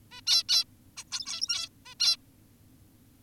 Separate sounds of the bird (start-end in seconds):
0.11-0.21, 0.27-0.43, 0.49-0.64, 0.97-1.04, 1.12-1.69, 1.86-1.95, 2.00-2.17